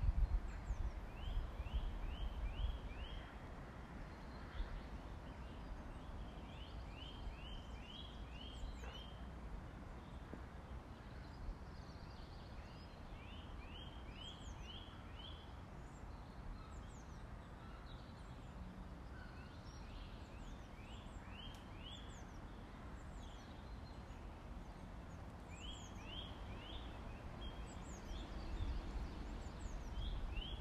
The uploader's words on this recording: Birdsong along the woods by Gem River.